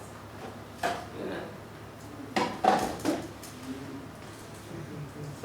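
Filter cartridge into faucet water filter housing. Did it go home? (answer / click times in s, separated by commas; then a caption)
yes / 2.4 s. A replacement water filter cartridge is put into a faucet-mounted filter holder and twisted clockwise until it clicks into place with a sharp click at 2.4 s, followed by a few more light clatters. Someone talks, and the cartridge is seated.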